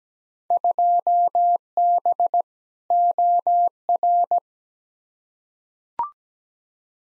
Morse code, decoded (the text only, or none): 2B OR